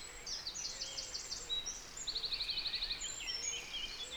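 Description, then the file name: Eurasian wren song: a fast run of about ten sharp, high ticking notes in under a second, among other high twittering phrases. "Troglodytes troglodytes"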